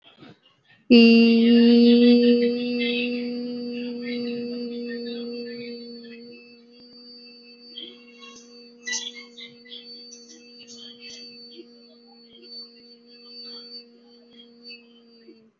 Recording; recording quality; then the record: sustained vowel as in beet; excellent, no background noise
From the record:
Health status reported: exposed to COVID-19, no respiratory illness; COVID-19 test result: negative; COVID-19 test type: RT-PCR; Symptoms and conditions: cold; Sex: female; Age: 27 years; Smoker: no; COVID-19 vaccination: both doses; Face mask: worn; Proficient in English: yes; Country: India